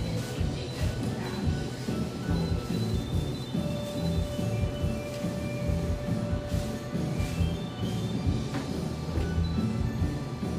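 Café ambience: a steady, dense rumble of voices and clatter, with a held tone midway and scattered clinks throughout.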